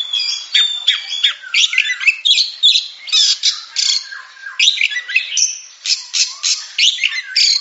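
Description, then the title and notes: Oriental magpie-robin song, loud rapid varied phrases of whistles, chatters and harsh notes, continuous and rich, with no other sounds. Champion singing bird. "Kicau Burung Kacer Juara. Suara Kicauan Burung Kacer Juara"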